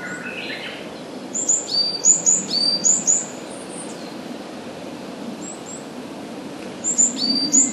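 Varied tit giving repeated high, falling call notes in a quick run, then a pause and a shorter burst at the end, over faint steady background noise.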